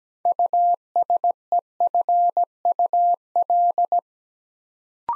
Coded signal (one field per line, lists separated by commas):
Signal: Morse code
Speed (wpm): 17 wpm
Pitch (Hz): 700 Hz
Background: none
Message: USEFUL